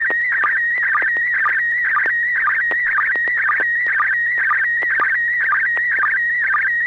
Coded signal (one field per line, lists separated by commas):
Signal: SSTV (slow-scan television)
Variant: PD 120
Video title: N6NA SSTV Net - 10/26/2022